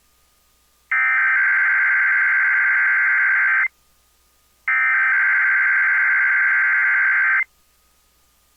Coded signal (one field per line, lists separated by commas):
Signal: Emergency Alert System (SAME) tones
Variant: header bursts